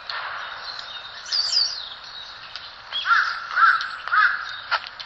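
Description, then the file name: Red-billed leiothrix making a few scratchy notes early, then a series of loud, rasping calls spaced about half a second apart in the second half. Recorded in Sasakubo valley. "ソウシチョウ 笹窪谷Ｐ"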